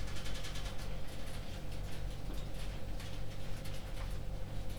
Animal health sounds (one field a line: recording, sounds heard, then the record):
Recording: poultry house recording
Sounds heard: no chicken sound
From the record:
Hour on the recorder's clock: 21